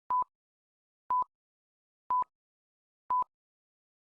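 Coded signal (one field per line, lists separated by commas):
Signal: none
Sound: toy slot machine beeps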